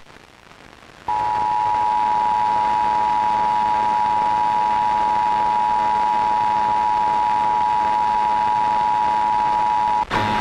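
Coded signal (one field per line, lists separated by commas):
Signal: Emergency Alert System (SAME) tones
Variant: 853 and 960 Hz attention tone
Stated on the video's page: Required Monthly Test tones recorded off air from FM station WHAJ 104.5, interrupting a song.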